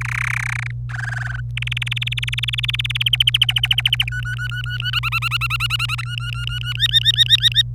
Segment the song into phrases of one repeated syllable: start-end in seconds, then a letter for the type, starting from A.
0.01-0.71 A, 0.89-1.40 B, 1.57-3.03 C, 3.06-4.04 D, 4.07-4.91 E, 4.93-6.01 F, 6.03-6.73 E, 6.75-7.62 G